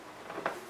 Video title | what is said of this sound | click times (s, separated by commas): Harry Potter Hogwarts Express Advent Calendar REVIEW - Unboxing The Contents What Did We Find Inside | in it but it definitely snaps in place this is a box you can keep | 0.5 s